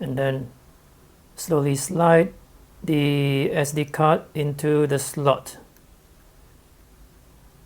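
Someone talks while an SD memory card is slowly slid into the card slot of a GoPro Hero5 Black action camera, with only a soft rustle of handling. The card is not yet pushed home, and nothing has seated or clicked yet.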